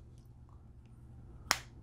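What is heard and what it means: A self-tapping screw set in its original hole in the plastic boss of an electric screwdriver housing is turned in reverse against a low steady hum. At 1.5 s its thread drops into the existing thread with a single sharp click, and the screw is seated.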